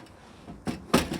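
Another swing gate latch holding the titanium stove top panel to the body of a titanium tent wood stove for winter camping is swung closed. A brief rattle at about 0.7 s is followed by a sharp metal click at 0.9 s as the latch locks into place.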